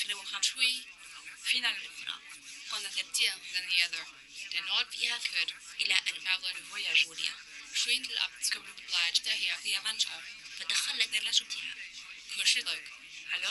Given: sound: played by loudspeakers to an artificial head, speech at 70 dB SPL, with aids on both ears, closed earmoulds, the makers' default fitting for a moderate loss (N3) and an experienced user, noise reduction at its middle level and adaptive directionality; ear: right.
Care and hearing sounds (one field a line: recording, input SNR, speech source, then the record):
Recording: speech test signal (ISTS) in cocktail-party noise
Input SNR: +6 dB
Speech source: in front (0 degrees)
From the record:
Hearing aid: class 2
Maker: H